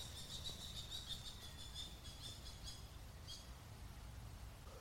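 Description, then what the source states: Common Kestrel calling, a series of sharp high notes for about three seconds, faint over low rumbling background noise. Groene Hart; bird quarrelling with a crow because its nest with young is in a nearby nest box.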